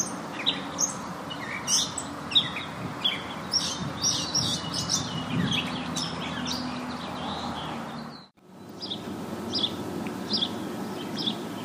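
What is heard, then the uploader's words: Dense, bright chirping and tweeting from many birds over a steady low traffic rumble, briefly cutting to near silence around eight seconds. One minute of crows and other birds I have yet to recognize that grace my presence daily.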